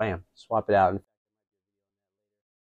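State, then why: Not seated. Someone talks briefly while a swappable head, such as a Thinkway Toys Woody head, is handled toward the neck ball joint of a Medicom Woody action figure, followed by silence from about 1.0 s. Nothing has seated or clicked yet.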